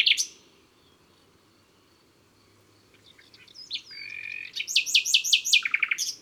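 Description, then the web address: Common nightingale song: a brief note, a pause, then varied whistles and a quick series of loud high notes, with a lower phrase near the end. April. "Avril Le Rossignol philomele. les-4-saisons-des-chants-doiseaux"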